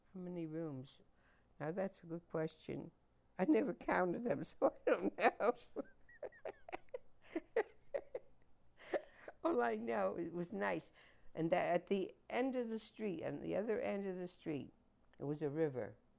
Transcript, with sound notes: How many rooms, now that's a good question. I never counted them so I don't know. (laughs) All I know is it was nice and that at the end of the street and the other end of the street, there was a river